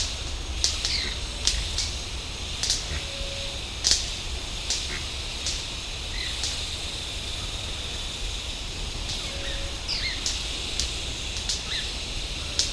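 White-bearded manakin producing scattered sharp snaps and occasional short chirps, spaced irregularly, with a constant high hiss behind.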